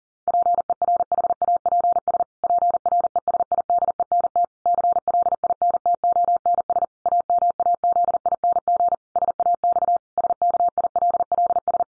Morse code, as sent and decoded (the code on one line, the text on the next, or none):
.--. . .-. .... .- .--. ... / .--. .-. . ... .. -.. . -. - / -.-. .-.. .. -. - --- -. ... / .- -- .- --.. .. -. --. / ... .- -..- / ... -.- .. .-.. .-.. ...
PERHAPS PRESIDENT CLINTONS AMAZING SAX SKILLS